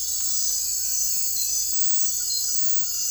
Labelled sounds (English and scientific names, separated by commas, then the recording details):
none
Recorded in dense forest near Puerto Asís, Putumayo, Colombia, on 19 February 2024 at 03:00
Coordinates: 0.484, -76.317
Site G6464